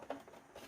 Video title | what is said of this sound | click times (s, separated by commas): Vintage Kenner Slave 1 Review | and the door just snaps into place and that's that's simply it | 0.1 s